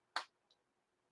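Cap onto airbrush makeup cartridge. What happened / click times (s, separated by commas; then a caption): The cap clicked onto the cartridge / 0.2 s. A plastic cap is pushed back onto an airbrush makeup cartridge after an attempt to unclog it. A single sharp, bright click is heard at 0.2 s, followed by a much fainter tick around 0.5 s. The cap clicks and seats onto the cartridge.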